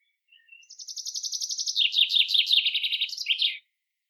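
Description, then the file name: Common chaffinch song: a series of quick repeated notes, then louder, falling notes, ending in a short flourish, lasting about three seconds. "Fringilla coelebs"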